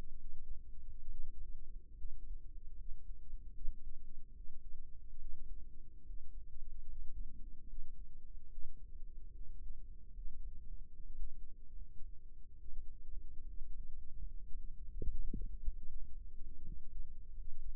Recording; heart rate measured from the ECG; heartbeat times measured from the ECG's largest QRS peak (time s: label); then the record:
heart sounds by microphone in the right ear; 73 bpm
0.18 s: heartbeat
1.08 s: heartbeat
1.96 s: heartbeat
2.76 s: heartbeat
3.53 s: heartbeat
4.33 s: heartbeat
5.18 s: heartbeat
6.05 s: heartbeat
6.85 s: heartbeat
7.66 s: heartbeat
8.49 s: heartbeat
9.32 s: heartbeat
10.13 s: heartbeat
10.89 s: heartbeat
11.71 s: heartbeat
12.57 s: heartbeat
13.46 s: heartbeat
14.26 s: heartbeat
15.08 s: heartbeat
15.87 s: heartbeat
16.62 s: heartbeat
17.34 s: heartbeat
From the record:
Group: healthy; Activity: cold pressor test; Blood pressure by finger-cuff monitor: 107/68 mmHg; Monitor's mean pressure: 82 mmHg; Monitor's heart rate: 74 bpm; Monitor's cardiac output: 6.7 L/min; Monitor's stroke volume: 91 mL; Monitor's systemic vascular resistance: 890 dyn s/cm5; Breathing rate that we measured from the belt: 15 breaths a minute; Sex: male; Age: 22 years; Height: 181 cm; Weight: 79 kg